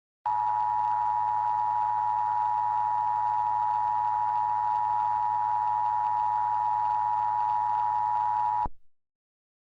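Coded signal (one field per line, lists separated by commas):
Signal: Emergency Alert System (SAME) tones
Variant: 853 and 960 Hz attention tone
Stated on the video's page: Fictional EAS scenario based on a novel, made for entertainment only.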